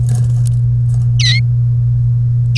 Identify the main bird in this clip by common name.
Domestic Canary